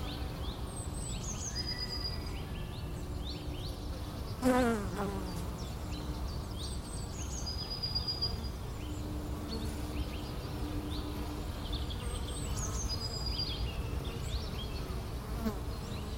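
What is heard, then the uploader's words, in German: Bees hum and buzz in a dense, steady drone low down, with faint bird chirps and thin whistles repeating high above every few seconds. Around four and a half seconds, one bee passes by, its buzz loud and briefly falling in pitch. Fleißige Bienchen in 3D - Meditative Naturaufnahmen. Mit unserem speziellen Kunstkopf-Mikrofon haben wir für Sie aufgenommen, wie die Bienen früh morgens erwachen und so langsam auf Betriebstemperatur kommen. 3D-Klang und viel Summen und Brummen.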